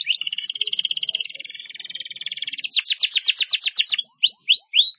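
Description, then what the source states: Canary song: a long rapid rattling trill, then a series of sweeping notes, ending in slower repeated whistled slurs. Champion canary.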